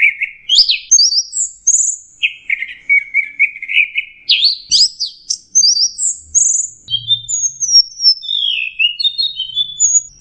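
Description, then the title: Bird song of varied phrases: chirps and trills at low and high pitch following one another in quick succession. "SuaraBurung Kicau4"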